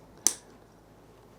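The toothed tongue of the quick-release micrometric ratchet chin strap on an Origine Strada Advanced helmet is pushed into its plastic buckle. It locks with a single sharp click at 0.3 s, followed by low background hum. The buckle is locked at multiple points, and pulling the tab releases it.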